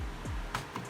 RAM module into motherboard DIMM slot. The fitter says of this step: click in place.